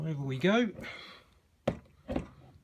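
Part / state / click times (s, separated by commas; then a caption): top box latch onto motorcycle rear rack mount plate / seated / 1.7 s. A plastic Givi top box is hooked onto the bottom of the aluminium rear rack mount plate on a Honda Silver Wing motorcycle, then tipped forward and pressed down while someone talks. Its latch locks onto the mount with a sharp click at 1.7 s, seating the box in place, followed by a softer knock.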